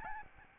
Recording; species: mosquito wingbeat signal from an infrared sensor; Aedes albopictus